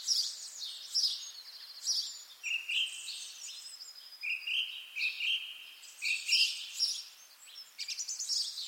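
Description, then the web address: Birds singing together, a chorus of high twittering notes with repeated lower whistled phrases in the middle. Birds singing in spring. "sonido del canto de los pajaros en primavera"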